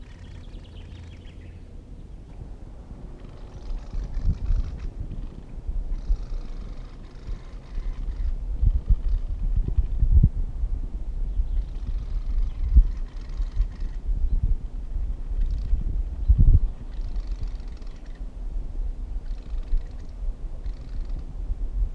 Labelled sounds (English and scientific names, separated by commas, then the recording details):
Mistle Thrush (Turdus viscivorus) song
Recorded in the wild
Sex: male
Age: adult
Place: Mirnock, Kärnten, AT
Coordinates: 46.75, 13.7
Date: 1967-03-25
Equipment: Hornyphon Bandgerät, Phillips Mikrofon Type EL 6020
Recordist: Brunner, Thomas